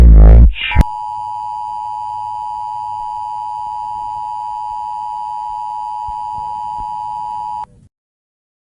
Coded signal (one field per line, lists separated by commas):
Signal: Emergency Alert System (SAME) tones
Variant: 853 and 960 Hz attention tone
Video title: Look up. (Eas)